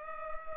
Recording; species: mosquito wingbeat signal from an infrared sensor; Culex pipiens